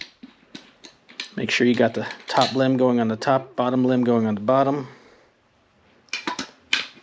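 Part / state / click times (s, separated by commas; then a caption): takedown bow top limb into riser limb pocket / seated / 6.7 s. Someone talks while handling the top limb of a Samick Sage takedown recurve bow, with a few light taps and knocks early on and again just before the limb is pushed into the limb pocket on the riser. A sharp, loud click at 6.7 s marks the limb seating in the pocket, before the limb screw goes back in.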